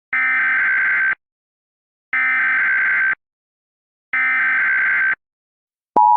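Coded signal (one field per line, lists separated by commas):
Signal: Emergency Alert System (SAME) tones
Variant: header bursts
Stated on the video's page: Comedy EAS alert, simulated, not a real broadcast.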